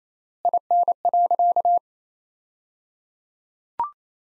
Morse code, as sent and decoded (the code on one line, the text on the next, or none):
.. -. .-.-.-
IN.